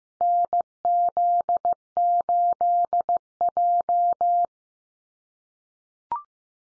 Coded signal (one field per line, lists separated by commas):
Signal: Morse code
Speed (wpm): 15 wpm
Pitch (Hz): 700 Hz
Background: none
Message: NZ8J